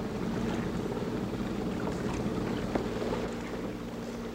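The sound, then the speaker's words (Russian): A ship's engines run at sea, giving a steady low drone that hums continuously with a faint tonal whine, mixed with a broad wash and rumble like water and wind, plus a brief sharp click near the end. “Глушить моторы.”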